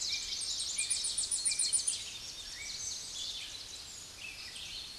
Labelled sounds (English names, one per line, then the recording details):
Tennessee Warbler song
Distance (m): 10 m
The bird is about level with the microphone
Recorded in a Pennsylvania forest on 16 May 2024 at 06:34
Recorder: AudioMoth, point MSD-1401
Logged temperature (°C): 16.4 °C
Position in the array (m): 69 m, 175 m